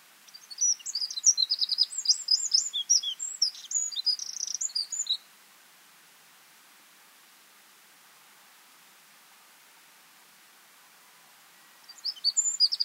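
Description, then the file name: Eurasian wren song: a five-second torrent of high, rapid notes, then a long silence before a new phrase starts at the end. "Troglodytes troglodytes"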